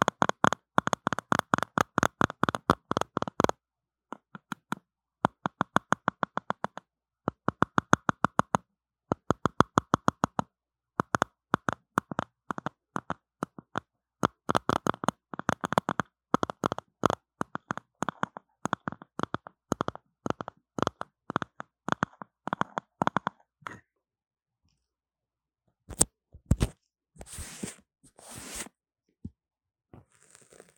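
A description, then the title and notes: Lo-fi microphone scratching and tapping: rapid, regular clicks in dense bursts with short gaps, running steadily for about 24 seconds. After a pause, a few louder scattered scrapes and knocks come near 26 to 30 seconds before it trails off. Lofi Mic Scratching & Tapping | No Talking.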